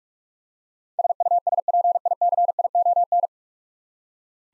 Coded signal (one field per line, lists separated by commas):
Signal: Morse code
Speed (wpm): 41 wpm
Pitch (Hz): 700 Hz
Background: none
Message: SUSPICION